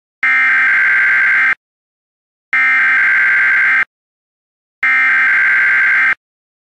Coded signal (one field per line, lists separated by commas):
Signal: Emergency Alert System (SAME) tones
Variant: header bursts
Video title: EAS Classic: Clayranger503's Final EAS Video (Original Version)